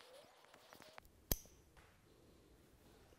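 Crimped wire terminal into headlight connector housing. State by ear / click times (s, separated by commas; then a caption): seated / 1.3 s. On a BMW R80 RT being converted to an S, the brown headlight wire's crimped spade terminal, with its locking tabs bent back out, is pushed into the plastic headlight connector housing after some faint handling noises. A single sharp click at 1.3 s marks the terminal seating in place.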